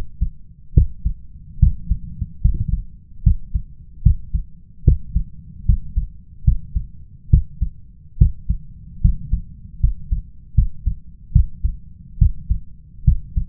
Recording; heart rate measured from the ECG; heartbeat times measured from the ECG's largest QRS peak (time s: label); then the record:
heart sounds by stethoscope; 73 bpm
0.73 s: heartbeat
1.59 s: heartbeat
2.41 s: heartbeat
3.22 s: heartbeat
4.02 s: heartbeat
4.84 s: heartbeat
5.65 s: heartbeat
6.43 s: heartbeat
7.29 s: heartbeat
8.17 s: heartbeat
9.00 s: heartbeat
9.79 s: heartbeat
10.54 s: heartbeat
11.32 s: heartbeat
12.18 s: heartbeat
13.04 s: heartbeat
From the record:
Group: healthy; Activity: rest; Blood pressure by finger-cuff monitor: 129/79 mmHg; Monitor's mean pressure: 94 mmHg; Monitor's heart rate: 73 bpm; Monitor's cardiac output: 6.1 L/min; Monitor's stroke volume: 83 mL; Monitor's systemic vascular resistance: 1140 dyn s/cm5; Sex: male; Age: 21 years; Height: 180 cm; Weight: 67.5 kg